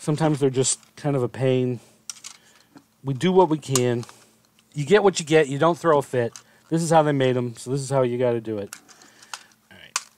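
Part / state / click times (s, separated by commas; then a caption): plastic panel into transforming robot figure / seated / 10.0 s. Someone talks while working a plastic panel into a transforming robot figure, with a few faint clicks and handling sounds in between. At 10.0 s there is a loud, sharp click as the panel is pushed to tab and snap into place, and it seats.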